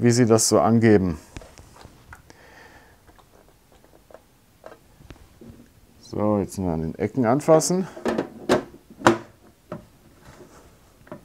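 A plastic display box lid is handled by its corners over its base, with a green brick-built muscle car (Bluebrixx Special No. 102892) placed inside. Someone talks while faint taps and light plastic knocks are heard, including a sharper tap around 9.1 s. The lid has not yet snapped shut on the base, and nothing has clicked into place.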